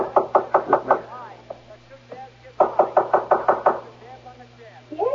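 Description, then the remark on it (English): Two bursts of firm, rapid knocking on Mother's bedroom door, about six or seven sharp raps each, separated by a short pause with faint murmuring voices in between. “This is Mother's door here.”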